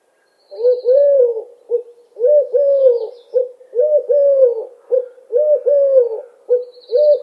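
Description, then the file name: Eurasian collared dove repeating its three-note coo several times in a row, deep and mellow, the drawn-out middle note stressed, with a faint thin chirp now and then. "Tuerkentaube Ruf"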